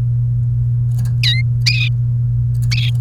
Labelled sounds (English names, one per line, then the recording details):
Domestic Canary song
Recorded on 28 April 2018 at 14:11
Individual llb3